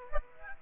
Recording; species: mosquito wingbeat signal from an infrared sensor; Aedes aegypti